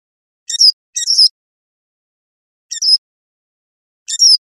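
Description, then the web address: Loggerhead shrike calls: short scratchy notes with a squeaky tonal edge, delivered singly or in pairs at irregular gaps across a few seconds. "birdfinder LOSH"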